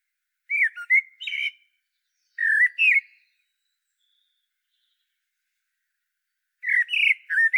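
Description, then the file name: Common blackbird giving mellow whistled phrases with scratchy high twitters at the ends: two phrases early on, a long silence, then a third phrase near the end. "Turdus merula"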